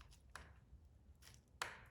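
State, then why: Seated. An assembly bolt is turned counter-clockwise in its threaded mount on a RadRover 6 Plus e-bike, backing it off so the threads catch before tightening. Sharp clicks ring out at 0.4 s and 1.6 s, the second louder, over a quiet background. The clicks show the threads have caught and the bolt is seated, ready to be tightened.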